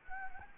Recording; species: mosquito wingbeat signal from an infrared sensor; Anopheles gambiae